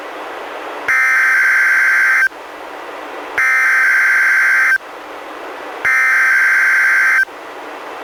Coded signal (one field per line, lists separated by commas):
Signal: Emergency Alert System (SAME) tones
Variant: header bursts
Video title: EAS #82: NWR Required Weekly Test- Oct. 21, 2015- 11:01AM PDT